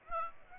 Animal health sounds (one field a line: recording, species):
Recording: mosquito wingbeat signal from an infrared sensor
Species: Aedes aegypti